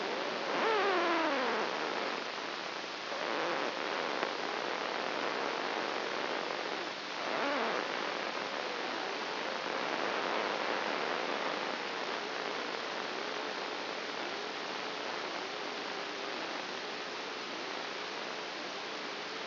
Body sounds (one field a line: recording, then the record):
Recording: brain microelectrode recording played as sound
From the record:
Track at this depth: inside the subthalamic nucleus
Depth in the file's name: 2.604 mm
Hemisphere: right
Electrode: 2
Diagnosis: Parkinson's disease